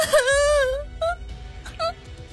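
A girl on a rubber raft at sea cries loudly in one long, wavering, high-pitched wail, followed by two shorter, quieter sobbing bursts that sound choked off as a hand is clamped over her mouth.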